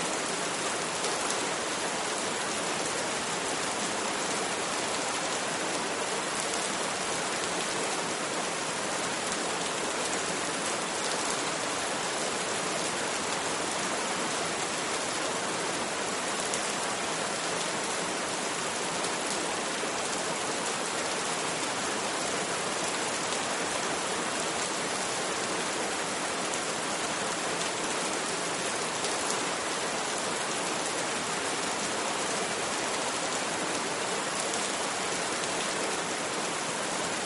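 Heavy rain from a thunderstorm pours down in a dense, even hiss that stays the same loudness throughout. The sound is bright, thin in the low end, with countless tiny drop patters and no single standout event.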